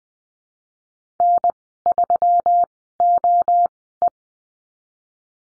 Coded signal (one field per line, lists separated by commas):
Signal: Morse code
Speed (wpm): 20 wpm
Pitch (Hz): 700 Hz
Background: none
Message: N3OE